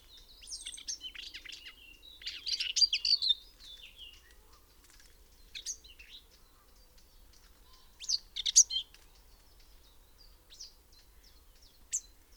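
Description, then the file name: Common whitethroat singing a fast, scratchy, chattering warble, loudest early on, then a second burst near eight seconds, with fainter high notes scattered between. "Grasmus Sylvia communis"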